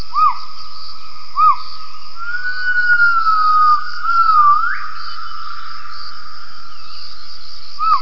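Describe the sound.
Gibbon calls: a few short, clear, whistled notes and one long wavering note, over a steady tonal hum.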